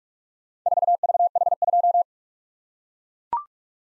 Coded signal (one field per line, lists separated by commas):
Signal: Morse code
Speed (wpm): 43 wpm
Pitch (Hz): 700 Hz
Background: none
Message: 4VH2